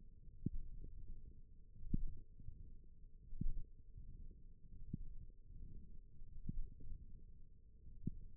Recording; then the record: forearm muscle sounds (acoustic myography)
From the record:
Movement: wrist flexion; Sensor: system 1, eight BSWA MPA416 microphones around the upper forearm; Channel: 4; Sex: male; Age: 23 years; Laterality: right